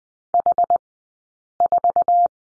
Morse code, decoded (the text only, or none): H4